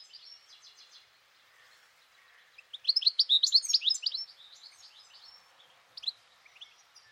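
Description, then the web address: Bird calling: soft repeated ticking notes, then a loud, fast tumble of high chirps midway, fading into scattered sharp notes. "Deverinetal 2025 File origin Bird Only"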